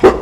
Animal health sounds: pig call; growing-finishing pig (85 days or more)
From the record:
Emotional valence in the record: positive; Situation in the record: run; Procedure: transit

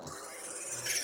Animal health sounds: pig call; piglet (1 to 25 days)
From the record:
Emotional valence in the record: negative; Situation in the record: short isolation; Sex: female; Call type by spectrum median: high-frequency call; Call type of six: mixed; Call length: 1.04 s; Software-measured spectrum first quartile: 2419 Hz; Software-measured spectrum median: 5516 Hz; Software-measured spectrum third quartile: 7732 Hz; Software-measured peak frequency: 5418 Hz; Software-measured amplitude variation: 118 dB a second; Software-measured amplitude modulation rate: 23.5 a second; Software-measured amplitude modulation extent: 5.0 dB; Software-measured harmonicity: 1.2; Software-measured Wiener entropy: -1.75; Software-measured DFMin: 571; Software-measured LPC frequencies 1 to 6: 658, 1629, 2279, 3075, 4402, 5562 Hz

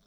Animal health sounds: pig call; piglet (1 to 25 days)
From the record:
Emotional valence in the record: positive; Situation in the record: reunion after long isolation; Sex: male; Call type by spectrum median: low-frequency call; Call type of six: low-frequency tonal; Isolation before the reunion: 8 minutes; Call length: 0.07 s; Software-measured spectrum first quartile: 230 Hz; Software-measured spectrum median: 1324 Hz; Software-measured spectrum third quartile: 5006 Hz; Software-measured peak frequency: 193 Hz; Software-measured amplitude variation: 29 dB a second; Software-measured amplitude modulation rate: 7.2 a second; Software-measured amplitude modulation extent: 4.0 dB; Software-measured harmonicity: 4.5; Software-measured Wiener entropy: -1.96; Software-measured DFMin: 640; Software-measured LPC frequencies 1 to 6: 1305, 3551, 4321, 5339, 5941, 7200 Hz

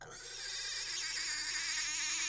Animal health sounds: pig call; weaner (32 to 43 days)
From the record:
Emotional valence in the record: negative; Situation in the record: restrain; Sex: male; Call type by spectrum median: high-frequency call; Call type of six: high-frequency stable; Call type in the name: high-frequency stable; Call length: 2.3 s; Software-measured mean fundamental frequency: 342 Hz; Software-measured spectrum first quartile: 3413 Hz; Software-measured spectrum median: 5500 Hz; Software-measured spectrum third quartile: 7523 Hz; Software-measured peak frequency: 6670 Hz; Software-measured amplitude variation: 66 dB a second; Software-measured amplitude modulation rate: 26.3 a second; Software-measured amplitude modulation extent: 2.5 dB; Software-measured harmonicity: 0.9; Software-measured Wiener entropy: -1.35

